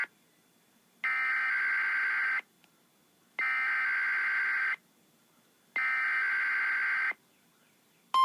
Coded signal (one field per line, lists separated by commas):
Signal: Emergency Alert System (SAME) tones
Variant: header bursts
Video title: EAS 2836 EXTREME WIND WARNING!!! Hurricane Ida